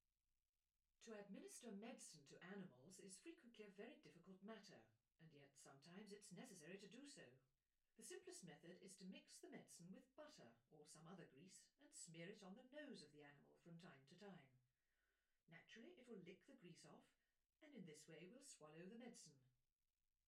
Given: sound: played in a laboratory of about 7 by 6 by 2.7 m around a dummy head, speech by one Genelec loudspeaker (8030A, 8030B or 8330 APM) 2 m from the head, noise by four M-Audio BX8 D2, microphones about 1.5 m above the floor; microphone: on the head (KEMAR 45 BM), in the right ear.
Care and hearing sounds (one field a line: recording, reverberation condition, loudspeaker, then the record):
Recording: female speech in English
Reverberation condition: low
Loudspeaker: 120 degrees to the left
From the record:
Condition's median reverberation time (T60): about 310 ms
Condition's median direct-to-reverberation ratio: about 3.5 dB